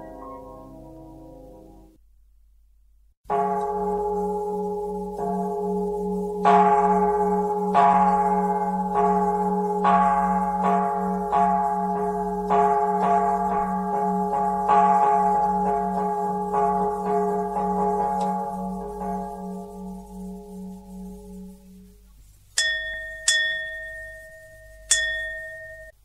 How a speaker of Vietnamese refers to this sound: Kìa, tiếng chuông chiếu mổ bắt đầu, tôi phải vào Phật điện lo thắp hương tụng niệm.